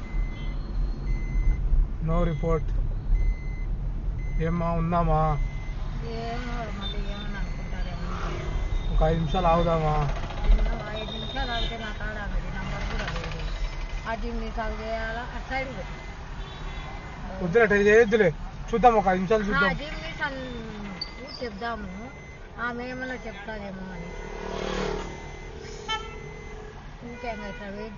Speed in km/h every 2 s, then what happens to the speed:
24, 19, 8, 15, 19, 14, 8, 7, 5, 5, 0, 0, 0, 0.
0-4 brakes to 8. 4-9 steady at about 15. 9-20 slows to 0. 20-28 standing.